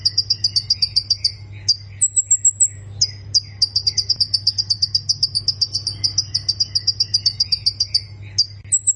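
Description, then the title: Plain prinia song, long runs of fast, evenly repeated high buzzy notes, broken by short bursts of thinner, higher whistled notes; constant low hum beneath. "Ciblek Sawah"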